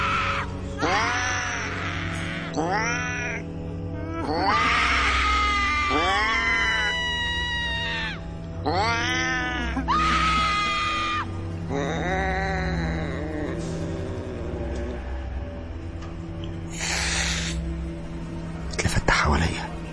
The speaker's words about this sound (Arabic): اتخضيت من اللي أنا شايفه، رميت البايب على المكتب، وأول ما رميته سمعت أصوات صرخات جاية من كل مكان في الأوضة.